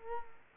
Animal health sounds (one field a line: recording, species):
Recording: mosquito wingbeat signal from an infrared sensor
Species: Culex quinquefasciatus